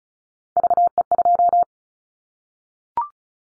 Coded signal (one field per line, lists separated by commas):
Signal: Morse code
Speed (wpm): 34 wpm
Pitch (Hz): 700 Hz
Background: none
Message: VE2